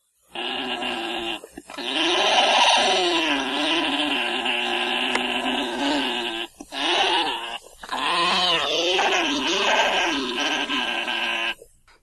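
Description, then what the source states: Alpaca mating call: long, harsh, rasping and gurgling sounds with wavering pitch, held for several seconds at a time with brief breaks. Male alpaca making its distinctive noise while mating with a female alpaca; played back as a recording.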